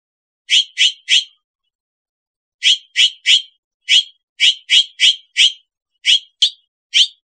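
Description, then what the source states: Bird giving sharp, high chip notes, mostly in quick bursts of two to four with short gaps, over a dozen in all against silence. Possibly recorded in Costa Rica.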